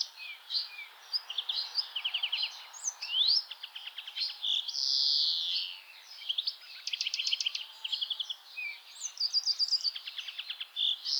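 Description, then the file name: European greenfinch song mixing rapid trills and chirps with a long drawn-out buzzy wheeze in the middle, then more trilled phrases. "Chloris chloris"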